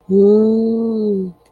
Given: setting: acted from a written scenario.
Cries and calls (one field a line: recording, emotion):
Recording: vocal sound without words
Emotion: awe